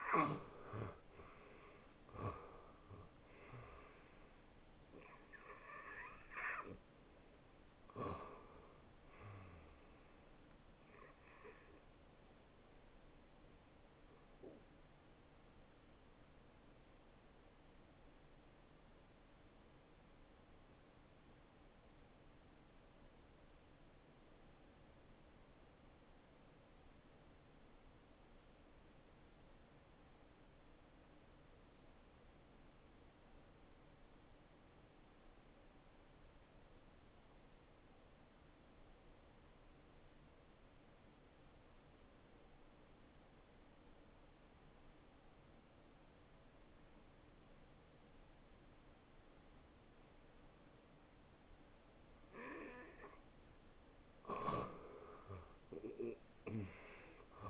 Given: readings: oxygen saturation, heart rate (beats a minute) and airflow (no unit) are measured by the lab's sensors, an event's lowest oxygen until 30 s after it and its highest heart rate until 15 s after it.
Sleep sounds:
breathing in sleep by a voice recorder at the bedside; 1
16.00-52.70 s: hypopnea (N1, oxygen 93% highest, then 84% lowest, heart rate 75 at the start, 76 highest)
30.00-57.50 s: new sleep stage, N2 (light sleep)
From the record:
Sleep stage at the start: N1 (lightest sleep); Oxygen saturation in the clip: 82 to 93%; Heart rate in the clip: 57 to 78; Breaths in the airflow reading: 12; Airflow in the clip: -13.9 to 6.8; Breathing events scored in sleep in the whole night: 263 in 5.5 hours asleep

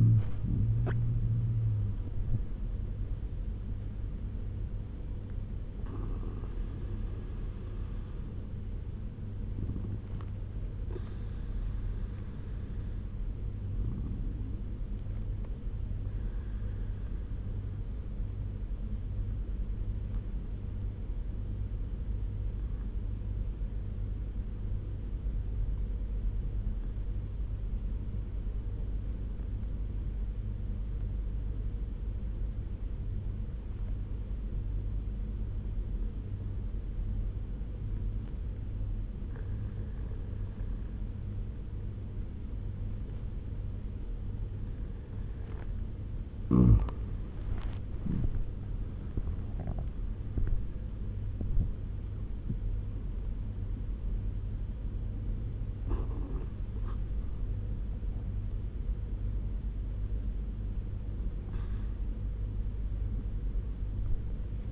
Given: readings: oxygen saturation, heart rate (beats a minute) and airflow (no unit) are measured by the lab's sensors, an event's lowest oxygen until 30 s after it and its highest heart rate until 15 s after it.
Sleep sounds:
breathing in sleep by a smartphone at the bedside; 1
20.00-47.80 s: obstructive apnea (N1, oxygen 97% highest, then 90% lowest, heart rate 68 at the start, 88 highest)
22.00-52.00 s: new sleep stage, N2 (light sleep)
52.00-64.72 s: new sleep stage, N1 (lightest sleep)
From the record:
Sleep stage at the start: N1 (lightest sleep); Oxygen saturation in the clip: 90 to 97%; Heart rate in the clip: 59 to 88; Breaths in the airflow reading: 5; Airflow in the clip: -11.2 to 13.0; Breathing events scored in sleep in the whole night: 201 in 6.5 hours asleep

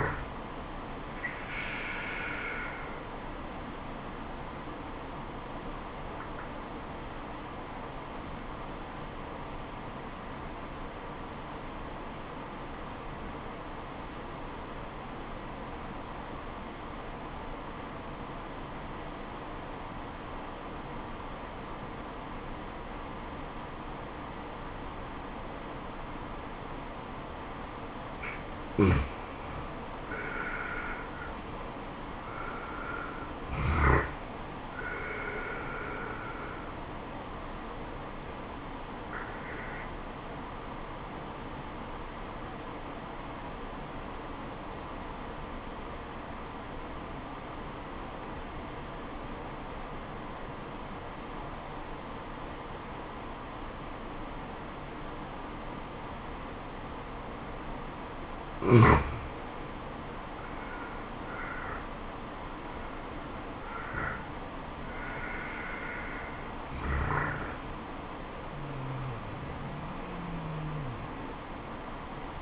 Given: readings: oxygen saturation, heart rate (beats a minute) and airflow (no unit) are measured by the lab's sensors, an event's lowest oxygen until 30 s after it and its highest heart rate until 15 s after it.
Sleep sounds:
breathing in sleep by a voice recorder at the bedside; 2
4.00-30.70 s: obstructive apnea (N2, oxygen 96% highest, then 84% lowest, heart rate 73 at the start, 81 highest)
39.00-61.10 s: obstructive apnea (N2, oxygen 94% highest, then 87% lowest, heart rate 74 at the start, 80 highest)
From the record:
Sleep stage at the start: N2 (light sleep); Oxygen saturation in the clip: 84 to 96%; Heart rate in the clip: 70 to 81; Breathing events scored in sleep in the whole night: 426 in 7.4 hours asleep

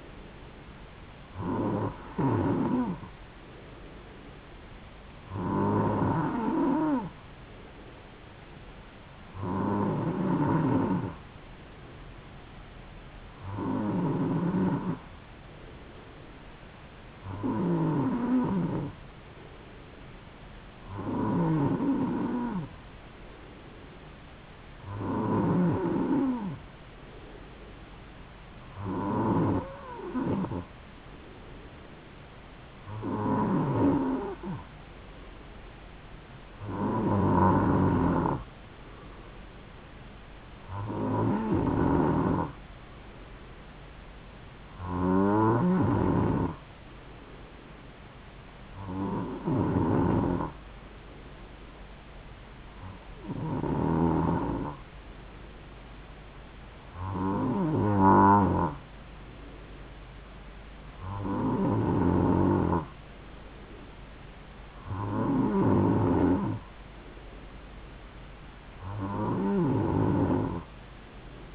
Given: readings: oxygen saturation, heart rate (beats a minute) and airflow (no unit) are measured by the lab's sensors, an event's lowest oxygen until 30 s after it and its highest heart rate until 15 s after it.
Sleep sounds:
breathing in sleep by a voice recorder at the bedside; none
none scored
From the record:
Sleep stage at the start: N2 (light sleep); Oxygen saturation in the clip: 92 to 93%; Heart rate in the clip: 67 to 72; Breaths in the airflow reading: 18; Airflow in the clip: -3.3 to 2.6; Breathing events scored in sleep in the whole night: 270 in 6.1 hours asleep

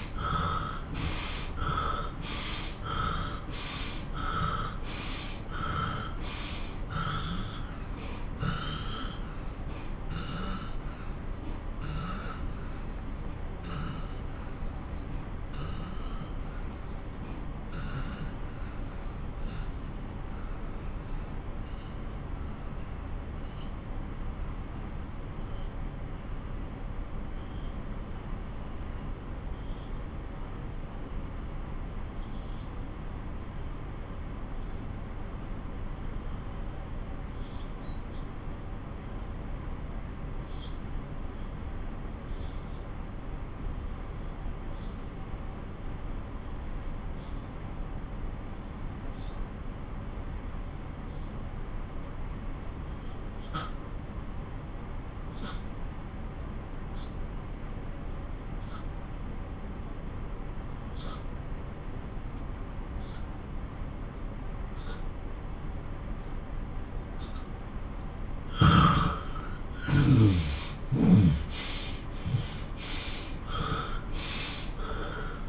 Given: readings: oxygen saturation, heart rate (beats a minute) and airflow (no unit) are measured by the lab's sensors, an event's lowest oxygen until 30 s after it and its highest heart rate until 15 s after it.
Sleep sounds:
breathing in sleep by a smartphone at the bedside; 1
5.00-66.50 s: obstructive apnea (N2, oxygen 97% highest, then 89% lowest)
63.00-75.48 s: new sleep stage, N1 (lightest sleep)
From the record:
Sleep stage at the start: N2 (light sleep); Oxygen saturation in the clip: 84 to 97%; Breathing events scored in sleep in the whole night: 217 in 6.3 hours asleep

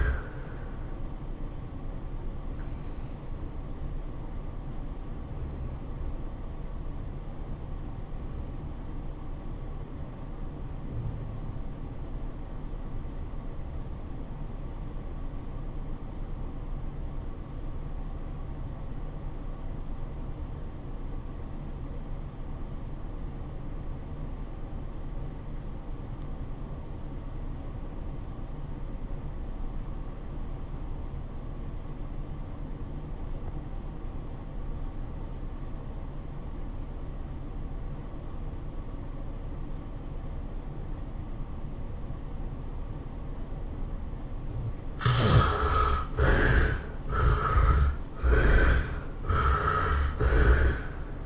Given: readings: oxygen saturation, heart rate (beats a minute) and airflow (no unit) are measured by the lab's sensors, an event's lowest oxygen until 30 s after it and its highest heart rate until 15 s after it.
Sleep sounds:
breathing in sleep by a smartphone at the bedside; 1
6.00-45.40 s: obstructive apnea (REM, oxygen 93% highest, then 64% lowest, heart rate 101 at the start, 115 highest)
From the record:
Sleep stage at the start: REM sleep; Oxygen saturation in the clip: 66 to 93%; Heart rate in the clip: 69 to 114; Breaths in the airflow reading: 4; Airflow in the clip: -18.0 to 8.8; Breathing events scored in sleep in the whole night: 403 in 5.5 hours asleep

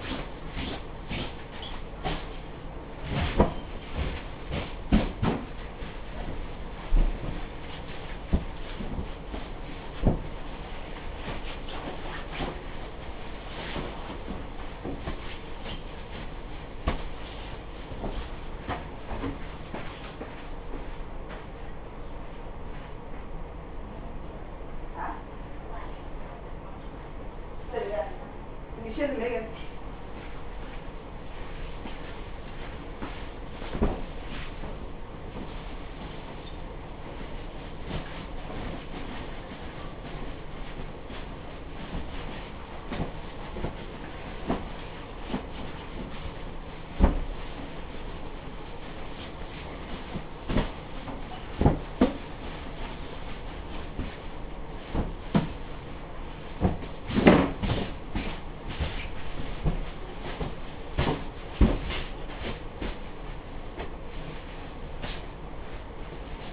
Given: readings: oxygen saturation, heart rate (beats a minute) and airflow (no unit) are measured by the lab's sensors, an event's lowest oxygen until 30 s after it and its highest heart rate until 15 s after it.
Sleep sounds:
a person awake in a sleep study, by a smartphone at the bedside; none
0.00-66.53 s: awake
0.00-66.53 s: awake
From the record:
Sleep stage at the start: awake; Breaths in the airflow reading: 22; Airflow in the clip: -0.7 to 0.8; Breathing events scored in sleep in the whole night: 328 in 6.3 hours asleep

